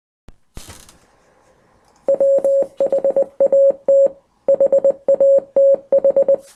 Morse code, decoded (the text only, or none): WHAT HATH